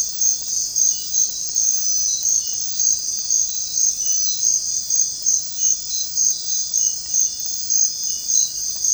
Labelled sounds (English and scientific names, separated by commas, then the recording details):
none
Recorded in secondary vegetation near Puerto Asís, Putumayo, Colombia, on 4 March 2025 at 05:00
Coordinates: 0.484, -76.319
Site G010